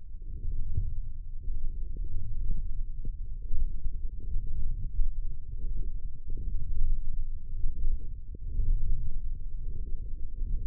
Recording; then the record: forearm muscle sounds (acoustic myography)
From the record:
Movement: wrist flexion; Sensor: system 1, eight BSWA MPA416 microphones around the upper forearm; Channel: 6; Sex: male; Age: 20 years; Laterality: left